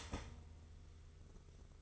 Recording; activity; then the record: daily activity, microphone in the room; start toaster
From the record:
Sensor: 4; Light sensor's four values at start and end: 18/57/21/21 and 17/54/20/20